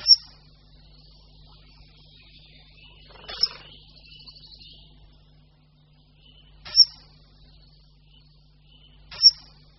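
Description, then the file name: Common kingfisher call notes: four separate shrill, high whistles at uneven intervals, with quiet gaps between them. "Ledňáček-říční"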